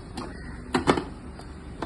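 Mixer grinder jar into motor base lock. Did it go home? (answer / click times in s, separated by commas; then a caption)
yes / 0.8 s. A plastic mixer-grinder jar, its lid already closed, is twisted onto the motor base of a Butterfly mixer grinder to lock it in place. A sharp click at 0.8 s marks the jar locking onto the base, followed by a second knock at 0.9 s and a faint tap at 1.8 s. The jar is confirmed seated.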